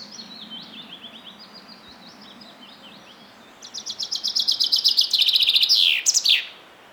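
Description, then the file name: Common chaffinch song: after faint zigzag notes from another bird, a loud run of quick repeated notes cascades downward and ends in a sharp terminal flourish. "Fringilla coelebs"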